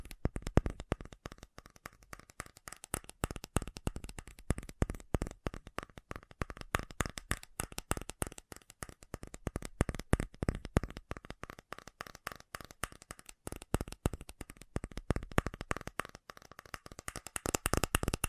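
Fast tapping runs nonstop for the whole stretch, a dense, rapid rattle of sharp clicks with no pauses. The taps come in uneven flurries, some louder than others, with a crisp, bright edge, like cards being shuffled. A faint steady hum sits underneath.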